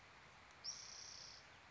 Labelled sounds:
Spotted Towhee (Pipilo maculatus)
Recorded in Sonoma County, California

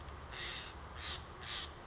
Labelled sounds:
Steller's Jay (Cyanocitta stelleri)
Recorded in Sonoma County, California

